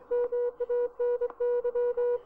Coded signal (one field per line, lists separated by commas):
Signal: Morse code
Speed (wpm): 24 wpm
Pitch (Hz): 500 Hz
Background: none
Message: MANY